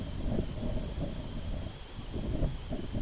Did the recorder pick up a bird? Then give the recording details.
no. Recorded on Arctic tundra, site IGLO-B, on 23 June 2018. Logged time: 11:59